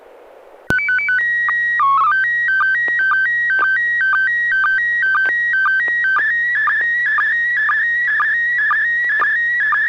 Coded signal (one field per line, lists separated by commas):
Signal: SSTV (slow-scan television)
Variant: PD 120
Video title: N6NA SSTV Net - 11/2/2022